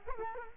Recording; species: mosquito wingbeat signal from an infrared sensor; Culex quinquefasciatus